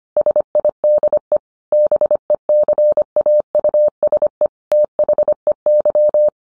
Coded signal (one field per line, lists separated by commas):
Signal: Morse code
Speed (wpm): 25 wpm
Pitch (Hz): 600 Hz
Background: none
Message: SIDE BECAUSE THEY